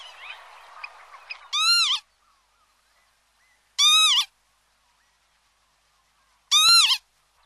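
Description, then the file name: Northern lapwing calls, three separate wheezy, wavering notes, each about half a second long and spaced two to three seconds apart. "Vanneau"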